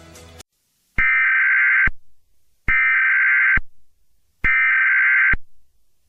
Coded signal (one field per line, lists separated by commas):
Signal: Emergency Alert System (SAME) tones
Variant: header bursts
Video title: EAS Mock II 05/22/20 II The time they did not mention covid-19